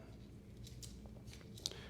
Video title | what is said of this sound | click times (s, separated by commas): Chevy Tahoe – How to Remove Physical Key From Key Fob | as such until it snaps into place just like this boom | 1.7 s